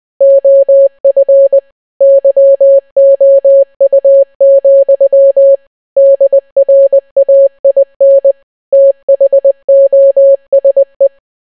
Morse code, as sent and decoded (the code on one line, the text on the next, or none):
--- ..-. / -.-- --- ..- --..-- / -.. .-. .- .. -. / - .... --- ... .
OF YOU, DRAIN THOSE